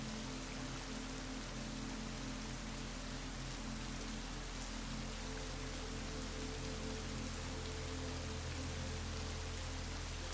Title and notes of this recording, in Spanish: Mezcla Perfecta de LLUVIA y MÚSICA. Sonidos de lluvia natural y suaves melodías musicales